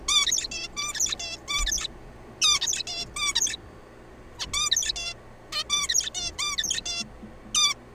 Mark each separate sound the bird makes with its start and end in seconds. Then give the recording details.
0.08-0.47, 0.52-0.68, 0.77-1.15, 1.20-1.37, 1.48-1.65, 1.67-1.87, 2.41-2.59, 2.61-2.83, 2.87-3.05, 3.16-3.34, 3.35-3.56, 4.38-4.46, 4.53-4.70, 4.71-4.92, 4.96-5.14, 5.53-5.63, 5.69-6.10, 6.15-6.32, 6.38-6.57, 6.58-6.81, 6.86-7.04, 7.54-7.74. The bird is a juvenile. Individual R3428